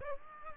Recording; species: mosquito wingbeat signal from an infrared sensor; Aedes aegypti